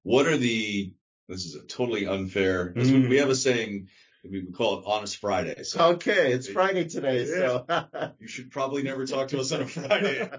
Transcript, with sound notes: What are the- this is a totally unfair, we have a saying, we call it Honest Fridays.
*laughs* Okay, it’s Friday today.
You should probably never talk to us on a Friday.